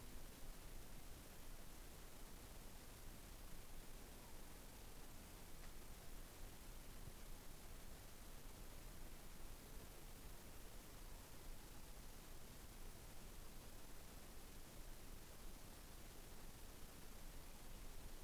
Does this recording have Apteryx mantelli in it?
no